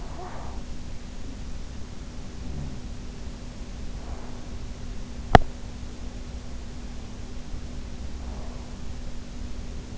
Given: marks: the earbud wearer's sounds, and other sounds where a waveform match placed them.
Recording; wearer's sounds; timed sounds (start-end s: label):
sounds in sleep by an in-ear microphone; talking in sleep, teeth grinding
0.00-0.80 s: talking in sleep
2.33-3.26 s: sound from someone else or the room
5.03-5.51 s: teeth grinding